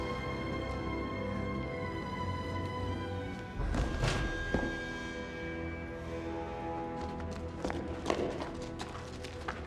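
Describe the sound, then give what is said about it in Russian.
A key rattles and turns in a lock as a door is unlocked with the key, followed by the door bumping open and a few short knocking thuds over a steady low musical hum. “Гвен открывает дверь ключом.”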